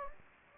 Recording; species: mosquito wingbeat signal from an infrared sensor; Anopheles gambiae